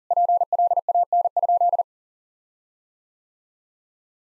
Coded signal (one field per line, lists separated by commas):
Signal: Morse code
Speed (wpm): 40 wpm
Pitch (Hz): 700 Hz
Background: none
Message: PLAN?